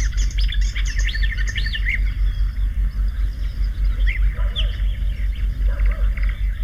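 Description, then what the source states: Marsh Warbler song: quick varied phrases of whistled slurs and chattering notes, rising and falling, with fainter bursts later, over a steady low rumble. Settles in hedges and willow thickets; simple song decorated with fragments borrowed from other birds.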